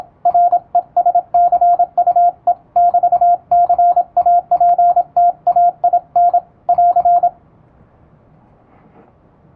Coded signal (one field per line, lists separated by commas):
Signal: Morse code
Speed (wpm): 26 wpm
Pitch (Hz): 700 Hz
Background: radio noise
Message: RESCUE<BT>CAPTAIN <AR>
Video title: モールス信号を打ってみた！エレキーを使うと高速でモールスが打てます！欧文モールス符号を欧文練習帳で打ってみました、YouTubeの再生速度を調整して聴いてみよう morse code practice